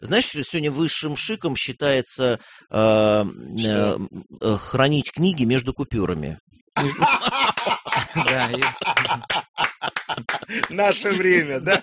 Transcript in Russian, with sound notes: Знаешь, что сегодня высшим шиком считается хранить книги между купюрами. [Смеется, аплодирует] В наше время, да!